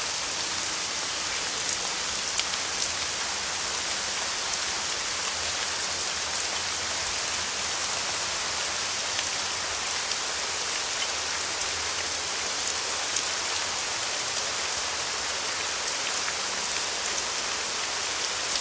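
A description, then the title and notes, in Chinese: Rain falls on leaves in a dense, steady patter that holds evenly for the whole stretch. The sound is bright and hissing, with many fine drops and occasional louder ticks. A faint low hum runs underneath. 自然·白噪音 - 雨落叶。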